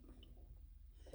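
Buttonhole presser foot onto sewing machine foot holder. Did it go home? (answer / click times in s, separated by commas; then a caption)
no / none. A buttonhole presser foot is pressed onto a sewing machine's metal presser-foot holder, expected to click into place. Over a low steady hum there is a faint high tick around 0.2 s and a dull, broader knock near 1.1 s. The foot fails to click on, and nothing has seated or clicked yet.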